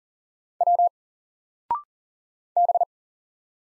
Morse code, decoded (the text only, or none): W B